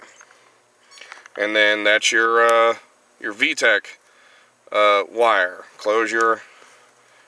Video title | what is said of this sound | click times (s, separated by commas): Honda Civic 92-95 ECU pinning for vtec HOW TO: | push it in there you'll hear it snap | 1.1 s